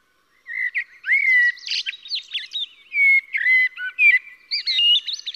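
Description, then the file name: Eurasian blackbird song, a continuous string of rich fluty whistles and warbles, rising and falling, broken by brief high squeaky notes. "Koltrast"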